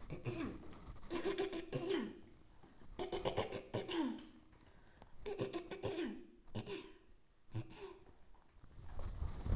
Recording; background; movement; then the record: throat clearing; quiet; sitting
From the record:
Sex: female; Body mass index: 18.3 kg/m2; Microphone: on the chest, facing outward